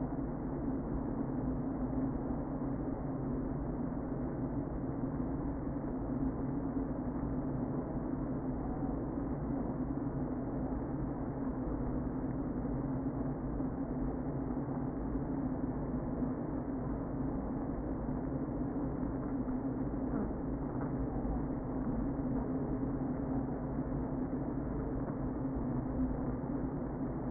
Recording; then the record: honeybee colony, microphone inside the hive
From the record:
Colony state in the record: queen present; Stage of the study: before two queens were removed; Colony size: about 60,000 bees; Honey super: yes